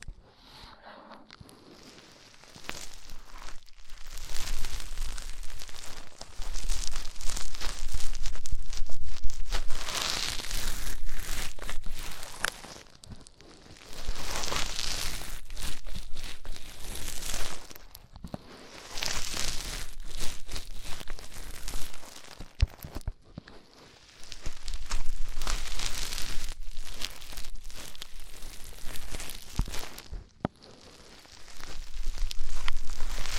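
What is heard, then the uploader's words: Ear cleaning sounds come in rustling, scratchy bursts of several seconds each, separated by brief silent gaps. The scraping and crinkling is hissy and bright, swelling and fading in waves throughout, with occasional soft thumps underneath. ASMR INTENSE Deep Ear Cleaning (No Talking).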